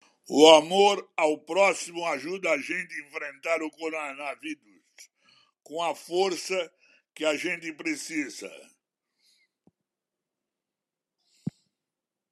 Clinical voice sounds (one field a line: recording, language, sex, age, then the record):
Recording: spoken sentence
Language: Brazilian Portuguese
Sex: male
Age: 70 to 79 years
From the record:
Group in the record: control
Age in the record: 74 years